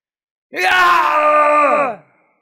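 A man lets out a single sustained, pained groan lasting about a second and a half, strained and voiced, holding steady before trailing off with a slight downward slide at the end.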